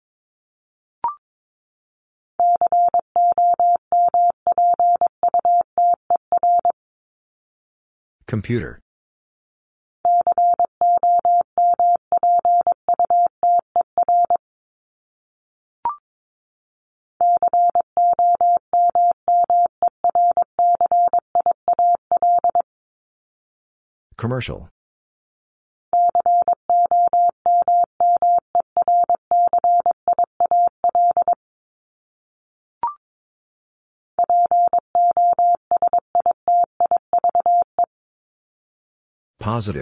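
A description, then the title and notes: A word is sent in Morse code as a steady mid-pitched beeping tone, keyed in bursts of rapid dots and dashes lasting several seconds each. Between bursts, brief clicks and short crackly noise bursts mark the pauses, repeating about every eight seconds. First, the word is sent in Morse code. Then it is spoken. Top 501-750 Words 22wpm.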